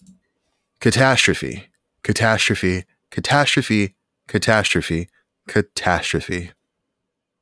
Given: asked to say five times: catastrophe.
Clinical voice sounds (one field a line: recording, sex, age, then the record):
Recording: repeated word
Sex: male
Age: 30 to 39 years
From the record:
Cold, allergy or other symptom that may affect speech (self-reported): no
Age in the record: 30 years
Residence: Illinois, United States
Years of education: 12